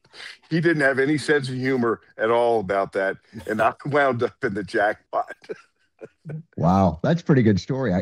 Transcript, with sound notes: He didn't have any sense of humor at all about that and I wound up (laughs) in the jackpot. (laughs)
Wow. That's a pretty good story.